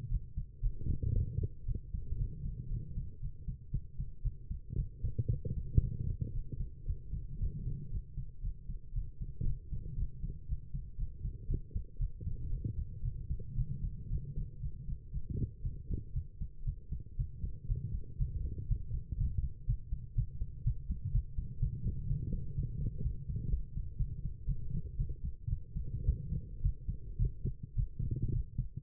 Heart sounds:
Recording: heart sounds by stethoscope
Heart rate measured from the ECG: 117 bpm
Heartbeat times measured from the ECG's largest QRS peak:
0.09 s: heartbeat
0.61 s: heartbeat
1.13 s: heartbeat
1.66 s: heartbeat
2.17 s: heartbeat
2.69 s: heartbeat
3.20 s: heartbeat
3.71 s: heartbeat
4.22 s: heartbeat
4.76 s: heartbeat
5.29 s: heartbeat
5.81 s: heartbeat
6.33 s: heartbeat
6.85 s: heartbeat
7.39 s: heartbeat
7.90 s: heartbeat
8.42 s: heartbeat
8.93 s: heartbeat
9.45 s: heartbeat
9.96 s: heartbeat
10.47 s: heartbeat
10.97 s: heartbeat
11.47 s: heartbeat
11.98 s: heartbeat
12.50 s: heartbeat
13.02 s: heartbeat
13.56 s: heartbeat
14.09 s: heartbeat
14.60 s: heartbeat
15.11 s: heartbeat
15.62 s: heartbeat
16.13 s: heartbeat
16.65 s: heartbeat
17.17 s: heartbeat
17.68 s: heartbeat
18.18 s: heartbeat
18.68 s: heartbeat
19.17 s: heartbeat
19.66 s: heartbeat
20.15 s: heartbeat
20.64 s: heartbeat
21.12 s: heartbeat
21.59 s: heartbeat
22.07 s: heartbeat
22.55 s: heartbeat
23.02 s: heartbeat
23.49 s: heartbeat
23.97 s: heartbeat
24.46 s: heartbeat
24.97 s: heartbeat
25.49 s: heartbeat
26.04 s: heartbeat
26.61 s: heartbeat
27.18 s: heartbeat
27.75 s: heartbeat
28.32 s: heartbeat
From the record:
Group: healthy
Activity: cold pressor test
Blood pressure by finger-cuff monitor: 112/82 mmHg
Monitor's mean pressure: 92 mmHg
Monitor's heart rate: 118 bpm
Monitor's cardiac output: 8.8 L/min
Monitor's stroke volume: 74 mL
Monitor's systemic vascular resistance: 770 dyn s/cm5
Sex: female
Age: 19 years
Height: 163 cm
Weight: 51 kg

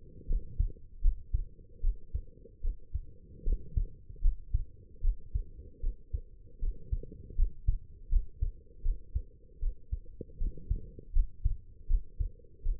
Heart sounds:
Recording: heart sounds by stethoscope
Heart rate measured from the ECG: 78 bpm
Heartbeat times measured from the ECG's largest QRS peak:
0.27 s: heartbeat
1.01 s: heartbeat
1.81 s: heartbeat
2.61 s: heartbeat
3.43 s: heartbeat
4.21 s: heartbeat
5.01 s: heartbeat
5.80 s: heartbeat
6.59 s: heartbeat
7.35 s: heartbeat
8.09 s: heartbeat
8.82 s: heartbeat
9.59 s: heartbeat
10.37 s: heartbeat
11.12 s: heartbeat
11.87 s: heartbeat
12.62 s: heartbeat
From the record:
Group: healthy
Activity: rest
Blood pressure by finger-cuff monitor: 115/77 mmHg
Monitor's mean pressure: 88 mmHg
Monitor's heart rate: 77 bpm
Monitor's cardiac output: 5.6 L/min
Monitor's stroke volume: 74 mL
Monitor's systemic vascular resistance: 1120 dyn s/cm5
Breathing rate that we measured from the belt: 17 breaths a minute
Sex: female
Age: 23 years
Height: 160 cm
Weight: 50.4 kg

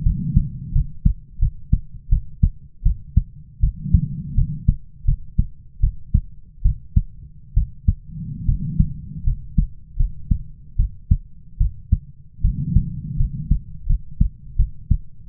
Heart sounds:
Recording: heart sounds by stethoscope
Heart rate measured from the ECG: 79 bpm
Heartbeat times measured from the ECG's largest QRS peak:
0.03 s: heartbeat
0.73 s: heartbeat
1.39 s: heartbeat
2.09 s: heartbeat
2.83 s: heartbeat
3.61 s: heartbeat
4.35 s: heartbeat
5.05 s: heartbeat
5.81 s: heartbeat
6.63 s: heartbeat
7.54 s: heartbeat
8.46 s: heartbeat
9.24 s: heartbeat
9.97 s: heartbeat
10.77 s: heartbeat
11.58 s: heartbeat
12.42 s: heartbeat
13.17 s: heartbeat
13.87 s: heartbeat
14.56 s: heartbeat
15.28 s: heartbeat
From the record:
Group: healthy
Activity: rest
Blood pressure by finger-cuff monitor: 100/63 mmHg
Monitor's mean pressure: 76 mmHg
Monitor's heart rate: 77 bpm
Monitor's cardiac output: 6.5 L/min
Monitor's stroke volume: 87 mL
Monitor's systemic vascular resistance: 820 dyn s/cm5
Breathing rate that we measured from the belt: 14 breaths a minute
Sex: female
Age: 22 years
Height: 157 cm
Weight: 47.6 kg

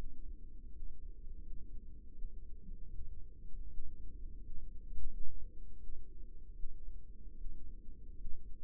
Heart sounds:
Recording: heart sounds by microphone in the left ear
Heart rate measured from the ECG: 81 bpm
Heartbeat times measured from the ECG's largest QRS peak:
0.68 s: heartbeat
1.38 s: heartbeat
2.10 s: heartbeat
2.87 s: heartbeat
3.65 s: heartbeat
4.37 s: heartbeat
5.05 s: heartbeat
5.75 s: heartbeat
6.51 s: heartbeat
7.32 s: heartbeat
8.13 s: heartbeat
From the record:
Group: healthy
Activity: rest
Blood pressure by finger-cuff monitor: 122/65 mmHg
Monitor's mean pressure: 84 mmHg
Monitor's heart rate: 79 bpm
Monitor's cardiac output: 7.3 L/min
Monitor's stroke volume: 89 mL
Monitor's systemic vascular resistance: 840 dyn s/cm5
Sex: female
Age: 24 years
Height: 163 cm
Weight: 55.7 kg

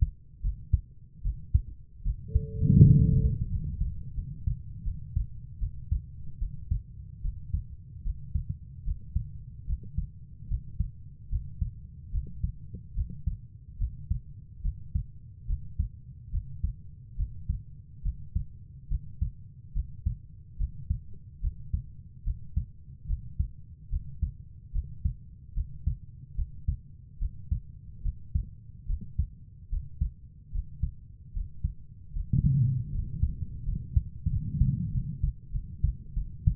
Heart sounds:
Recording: heart sounds by stethoscope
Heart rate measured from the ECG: 76 bpm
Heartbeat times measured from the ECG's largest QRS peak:
0.42 s: heartbeat
1.23 s: heartbeat
2.04 s: heartbeat
2.82 s: heartbeat
3.49 s: heartbeat
4.15 s: heartbeat
4.84 s: heartbeat
5.60 s: heartbeat
6.39 s: heartbeat
7.22 s: heartbeat
8.04 s: heartbeat
8.85 s: heartbeat
9.67 s: heartbeat
10.49 s: heartbeat
11.30 s: heartbeat
12.12 s: heartbeat
12.95 s: heartbeat
13.78 s: heartbeat
14.63 s: heartbeat
15.47 s: heartbeat
16.31 s: heartbeat
17.17 s: heartbeat
18.03 s: heartbeat
18.89 s: heartbeat
19.74 s: heartbeat
20.58 s: heartbeat
21.41 s: heartbeat
22.24 s: heartbeat
23.07 s: heartbeat
23.90 s: heartbeat
24.73 s: heartbeat
25.54 s: heartbeat
26.36 s: heartbeat
27.19 s: heartbeat
28.03 s: heartbeat
28.87 s: heartbeat
29.70 s: heartbeat
30.52 s: heartbeat
31.33 s: heartbeat
32.13 s: heartbeat
32.92 s: heartbeat
33.65 s: heartbeat
34.30 s: heartbeat
34.92 s: heartbeat
35.52 s: heartbeat
36.14 s: heartbeat
From the record:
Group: healthy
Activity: rest 0-4 s, breath hold 4-34 s, rest 34-37 s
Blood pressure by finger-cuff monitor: 114/67 mmHg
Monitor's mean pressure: 80 mmHg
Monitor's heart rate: 73 bpm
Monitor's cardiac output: 6.4 L/min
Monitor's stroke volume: 86 mL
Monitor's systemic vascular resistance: 910 dyn s/cm5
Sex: female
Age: 22 years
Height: 160 cm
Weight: 63 kg

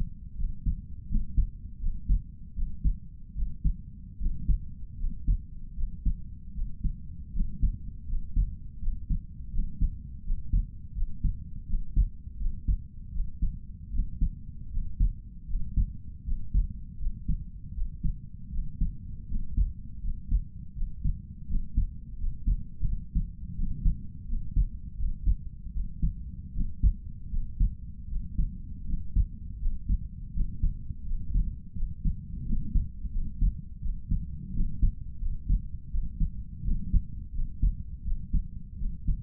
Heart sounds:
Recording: heart sounds by stethoscope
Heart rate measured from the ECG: 81 bpm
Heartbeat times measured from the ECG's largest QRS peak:
0.35 s: heartbeat
1.07 s: heartbeat
1.78 s: heartbeat
2.54 s: heartbeat
3.34 s: heartbeat
4.17 s: heartbeat
4.96 s: heartbeat
5.74 s: heartbeat
6.53 s: heartbeat
7.31 s: heartbeat
8.05 s: heartbeat
8.79 s: heartbeat
9.50 s: heartbeat
10.22 s: heartbeat
10.93 s: heartbeat
11.65 s: heartbeat
12.37 s: heartbeat
13.11 s: heartbeat
13.90 s: heartbeat
14.69 s: heartbeat
15.46 s: heartbeat
16.23 s: heartbeat
16.97 s: heartbeat
17.73 s: heartbeat
18.50 s: heartbeat
19.26 s: heartbeat
20.00 s: heartbeat
20.73 s: heartbeat
21.46 s: heartbeat
22.16 s: heartbeat
22.84 s: heartbeat
23.54 s: heartbeat
24.25 s: heartbeat
24.95 s: heartbeat
25.71 s: heartbeat
26.52 s: heartbeat
27.29 s: heartbeat
28.07 s: heartbeat
28.84 s: heartbeat
29.57 s: heartbeat
30.32 s: heartbeat
31.03 s: heartbeat
31.73 s: heartbeat
32.44 s: heartbeat
33.10 s: heartbeat
33.80 s: heartbeat
34.51 s: heartbeat
35.18 s: heartbeat
35.89 s: heartbeat
36.62 s: heartbeat
37.32 s: heartbeat
38.03 s: heartbeat
38.77 s: heartbeat
From the record:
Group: healthy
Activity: rest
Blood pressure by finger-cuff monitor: 99/66 mmHg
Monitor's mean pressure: 75 mmHg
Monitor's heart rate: 81 bpm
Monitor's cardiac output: 5.7 L/min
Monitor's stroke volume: 70 mL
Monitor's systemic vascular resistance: 930 dyn s/cm5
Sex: male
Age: 22 years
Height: 181 cm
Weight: 60 kg

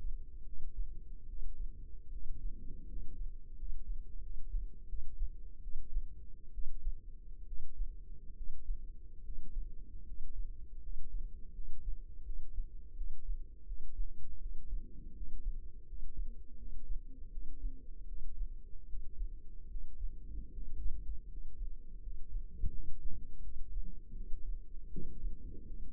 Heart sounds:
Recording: heart sounds by microphone in the left ear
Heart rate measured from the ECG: 79 bpm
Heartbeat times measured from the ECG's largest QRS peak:
0.45 s: heartbeat
1.26 s: heartbeat
2.10 s: heartbeat
2.86 s: heartbeat
3.55 s: heartbeat
4.20 s: heartbeat
4.86 s: heartbeat
5.61 s: heartbeat
6.52 s: heartbeat
7.45 s: heartbeat
8.34 s: heartbeat
9.22 s: heartbeat
10.04 s: heartbeat
10.80 s: heartbeat
11.52 s: heartbeat
12.23 s: heartbeat
12.94 s: heartbeat
13.65 s: heartbeat
14.39 s: heartbeat
15.13 s: heartbeat
15.85 s: heartbeat
16.56 s: heartbeat
17.30 s: heartbeat
18.06 s: heartbeat
18.87 s: heartbeat
19.68 s: heartbeat
20.51 s: heartbeat
21.27 s: heartbeat
22.00 s: heartbeat
22.71 s: heartbeat
23.41 s: heartbeat
24.14 s: heartbeat
24.90 s: heartbeat
25.64 s: heartbeat
From the record:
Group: healthy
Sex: male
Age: 23 years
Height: 179 cm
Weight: 87 kg

